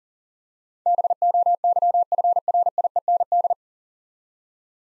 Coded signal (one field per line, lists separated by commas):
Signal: Morse code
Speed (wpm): 44 wpm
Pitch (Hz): 700 Hz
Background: none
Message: BOYFRIEND